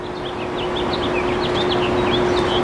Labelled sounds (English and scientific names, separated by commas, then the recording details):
House Finch (Haemorhous mexicanus) song
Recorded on Long Island, New York, on 24 April 2012
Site AS
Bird B